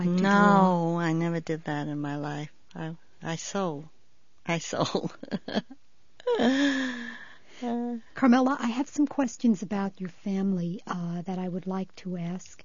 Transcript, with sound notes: No, I never did that in my life. I sew. I sew. ( she laughs )
Carmella, I have some questions about your family that I would like to ask.